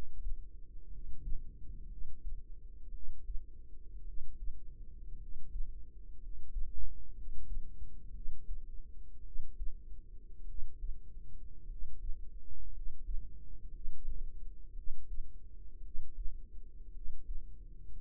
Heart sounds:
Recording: heart sounds by microphone in the right ear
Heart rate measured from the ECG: 56 bpm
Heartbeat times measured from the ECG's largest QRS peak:
0.87 s: heartbeat
1.86 s: heartbeat
2.89 s: heartbeat
4.02 s: heartbeat
5.16 s: heartbeat
6.17 s: heartbeat
7.12 s: heartbeat
8.10 s: heartbeat
9.21 s: heartbeat
10.43 s: heartbeat
11.65 s: heartbeat
12.69 s: heartbeat
13.69 s: heartbeat
14.72 s: heartbeat
15.80 s: heartbeat
16.90 s: heartbeat
17.96 s: heartbeat
From the record:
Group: healthy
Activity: rest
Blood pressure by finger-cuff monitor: 105/53 mmHg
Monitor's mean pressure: 66 mmHg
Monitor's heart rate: 54 bpm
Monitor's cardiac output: 5 L/min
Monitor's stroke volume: 89 mL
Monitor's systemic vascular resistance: 930 dyn s/cm5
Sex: male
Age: 25 years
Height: 170 cm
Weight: 70.4 kg

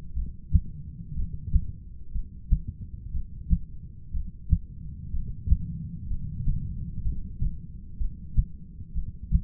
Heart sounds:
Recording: heart sounds by stethoscope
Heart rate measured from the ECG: 61 bpm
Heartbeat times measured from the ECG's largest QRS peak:
0.14 s: heartbeat
1.15 s: heartbeat
2.13 s: heartbeat
3.11 s: heartbeat
4.12 s: heartbeat
5.11 s: heartbeat
6.08 s: heartbeat
7.03 s: heartbeat
7.98 s: heartbeat
8.93 s: heartbeat
From the record:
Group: heart failure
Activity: rest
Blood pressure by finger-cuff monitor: 117/80 mmHg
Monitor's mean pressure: 94 mmHg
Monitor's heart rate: 61 bpm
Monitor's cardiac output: 6.5 L/min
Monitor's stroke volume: 108 mL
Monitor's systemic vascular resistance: 1050 dyn s/cm5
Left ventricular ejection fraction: 25%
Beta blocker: metoprolol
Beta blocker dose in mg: 62.5 twice daily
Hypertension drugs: ramipril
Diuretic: furosemide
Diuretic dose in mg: 40 twice daily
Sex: male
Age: 57 years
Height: 180 cm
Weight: 90.5 kg

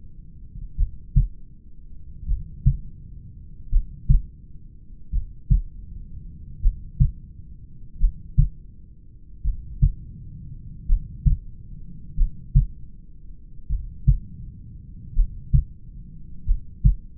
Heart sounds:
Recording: heart sounds by stethoscope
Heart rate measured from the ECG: 42 bpm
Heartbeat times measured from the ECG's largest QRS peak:
0.80 s: heartbeat
2.31 s: heartbeat
3.74 s: heartbeat
5.15 s: heartbeat
6.65 s: heartbeat
8.03 s: heartbeat
9.47 s: heartbeat
10.91 s: heartbeat
12.20 s: heartbeat
13.72 s: heartbeat
15.18 s: heartbeat
16.49 s: heartbeat
From the record:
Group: heart failure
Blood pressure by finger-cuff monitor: 92/65 mmHg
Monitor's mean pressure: 73 mmHg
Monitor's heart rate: 41 bpm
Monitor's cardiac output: 3.6 L/min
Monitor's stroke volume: 88 mL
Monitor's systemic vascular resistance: 1430 dyn s/cm5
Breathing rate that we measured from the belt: 15 breaths a minute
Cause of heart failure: familial cardiomyopathy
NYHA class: 1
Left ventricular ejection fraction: 49%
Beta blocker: bisoprolol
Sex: male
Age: 31 years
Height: 194 cm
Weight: 96 kg

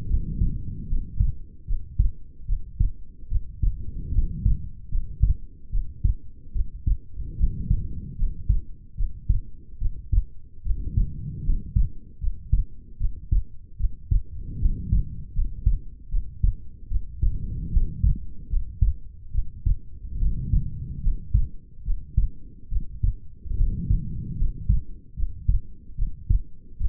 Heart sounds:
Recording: heart sounds by stethoscope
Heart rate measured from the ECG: 74 bpm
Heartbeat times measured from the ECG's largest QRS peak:
0.07 s: heartbeat
0.87 s: heartbeat
1.65 s: heartbeat
2.46 s: heartbeat
3.28 s: heartbeat
4.11 s: heartbeat
4.89 s: heartbeat
5.70 s: heartbeat
6.52 s: heartbeat
7.36 s: heartbeat
8.16 s: heartbeat
8.95 s: heartbeat
9.78 s: heartbeat
10.62 s: heartbeat
11.43 s: heartbeat
12.19 s: heartbeat
12.97 s: heartbeat
13.77 s: heartbeat
14.58 s: heartbeat
15.33 s: heartbeat
16.09 s: heartbeat
16.88 s: heartbeat
17.70 s: heartbeat
18.48 s: heartbeat
19.31 s: heartbeat
20.18 s: heartbeat
21.01 s: heartbeat
21.83 s: heartbeat
22.69 s: heartbeat
23.56 s: heartbeat
24.36 s: heartbeat
25.14 s: heartbeat
25.95 s: heartbeat
26.77 s: heartbeat
From the record:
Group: healthy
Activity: rest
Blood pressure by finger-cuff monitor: 109/82 mmHg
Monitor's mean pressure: 91 mmHg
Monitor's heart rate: 75 bpm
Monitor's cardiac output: 5.8 L/min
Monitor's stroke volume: 78 mL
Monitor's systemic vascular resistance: 1140 dyn s/cm5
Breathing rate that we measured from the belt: 18 breaths a minute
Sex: female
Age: 22 years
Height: 160 cm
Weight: 45 kg

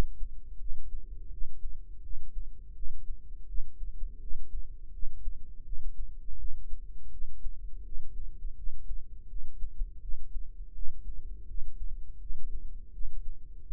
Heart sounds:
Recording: heart sounds by microphone in the right ear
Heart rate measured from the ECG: 83 bpm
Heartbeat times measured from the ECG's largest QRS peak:
0.57 s: heartbeat
1.29 s: heartbeat
2.00 s: heartbeat
2.73 s: heartbeat
3.45 s: heartbeat
4.18 s: heartbeat
4.90 s: heartbeat
5.63 s: heartbeat
6.36 s: heartbeat
7.09 s: heartbeat
7.82 s: heartbeat
8.54 s: heartbeat
9.26 s: heartbeat
9.99 s: heartbeat
10.72 s: heartbeat
11.45 s: heartbeat
12.18 s: heartbeat
12.90 s: heartbeat
13.63 s: heartbeat
From the record:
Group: healthy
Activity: rest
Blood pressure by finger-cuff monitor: 91/56 mmHg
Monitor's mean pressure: 71 mmHg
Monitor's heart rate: 83 bpm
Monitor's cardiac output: 6.5 L/min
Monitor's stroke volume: 78 mL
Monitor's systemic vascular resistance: 780 dyn s/cm5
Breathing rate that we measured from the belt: 18 breaths a minute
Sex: female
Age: 43 years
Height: 160 cm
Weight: 90 kg

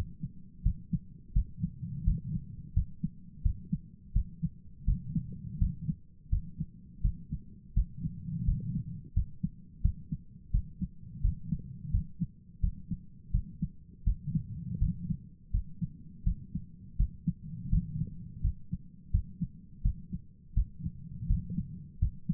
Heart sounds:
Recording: heart sounds by stethoscope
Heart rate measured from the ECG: 84 bpm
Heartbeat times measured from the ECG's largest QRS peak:
0.62 s: heartbeat
1.32 s: heartbeat
2.03 s: heartbeat
2.73 s: heartbeat
3.41 s: heartbeat
4.12 s: heartbeat
4.84 s: heartbeat
5.58 s: heartbeat
6.29 s: heartbeat
7.01 s: heartbeat
7.73 s: heartbeat
8.44 s: heartbeat
9.13 s: heartbeat
9.81 s: heartbeat
10.50 s: heartbeat
11.20 s: heartbeat
11.90 s: heartbeat
12.60 s: heartbeat
13.30 s: heartbeat
14.03 s: heartbeat
14.78 s: heartbeat
15.51 s: heartbeat
16.23 s: heartbeat
16.96 s: heartbeat
17.69 s: heartbeat
18.41 s: heartbeat
19.10 s: heartbeat
19.81 s: heartbeat
20.53 s: heartbeat
21.26 s: heartbeat
21.98 s: heartbeat
From the record:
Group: healthy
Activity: rest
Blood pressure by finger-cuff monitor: 156/87 mmHg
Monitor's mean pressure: 103 mmHg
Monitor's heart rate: 85 bpm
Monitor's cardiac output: 8 L/min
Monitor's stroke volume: 96 mL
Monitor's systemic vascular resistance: 940 dyn s/cm5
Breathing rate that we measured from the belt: 19 breaths a minute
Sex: male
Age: 57 years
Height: 188 cm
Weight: 106 kg

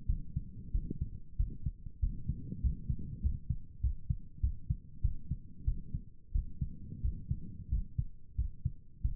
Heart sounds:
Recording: heart sounds by stethoscope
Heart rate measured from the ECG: 94 bpm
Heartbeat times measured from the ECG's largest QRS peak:
0.06 s: heartbeat
0.72 s: heartbeat
1.37 s: heartbeat
2.00 s: heartbeat
2.61 s: heartbeat
3.21 s: heartbeat
3.81 s: heartbeat
4.41 s: heartbeat
5.01 s: heartbeat
5.65 s: heartbeat
6.32 s: heartbeat
7.01 s: heartbeat
7.69 s: heartbeat
8.35 s: heartbeat
9.02 s: heartbeat
From the record:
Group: healthy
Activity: rest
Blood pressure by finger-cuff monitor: 113/75 mmHg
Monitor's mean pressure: 86 mmHg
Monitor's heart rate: 94 bpm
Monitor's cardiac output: 7.7 L/min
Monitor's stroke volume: 82 mL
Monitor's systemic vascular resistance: 830 dyn s/cm5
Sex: male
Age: 19 years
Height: 178 cm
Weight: 83 kg

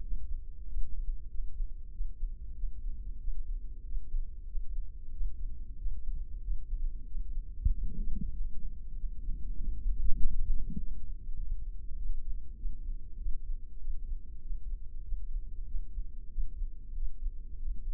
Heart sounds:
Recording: heart sounds by microphone in the left ear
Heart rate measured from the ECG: 96 bpm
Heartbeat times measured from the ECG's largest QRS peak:
0.05 s: heartbeat
0.70 s: heartbeat
1.32 s: heartbeat
1.94 s: heartbeat
2.57 s: heartbeat
3.22 s: heartbeat
3.86 s: heartbeat
4.49 s: heartbeat
5.15 s: heartbeat
5.80 s: heartbeat
6.45 s: heartbeat
7.09 s: heartbeat
7.72 s: heartbeat
8.34 s: heartbeat
8.97 s: heartbeat
9.59 s: heartbeat
10.20 s: heartbeat
10.80 s: heartbeat
11.39 s: heartbeat
11.99 s: heartbeat
12.59 s: heartbeat
13.20 s: heartbeat
13.82 s: heartbeat
14.44 s: heartbeat
15.06 s: heartbeat
15.68 s: heartbeat
16.32 s: heartbeat
16.96 s: heartbeat
17.59 s: heartbeat
From the record:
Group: healthy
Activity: rest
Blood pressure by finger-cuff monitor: 158/75 mmHg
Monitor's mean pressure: 98 mmHg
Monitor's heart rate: 95 bpm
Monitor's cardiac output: 8.6 L/min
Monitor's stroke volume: 90 mL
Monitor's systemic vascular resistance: 830 dyn s/cm5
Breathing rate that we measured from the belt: 18 breaths a minute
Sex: male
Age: 21 years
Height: 175 cm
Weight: 72.6 kg

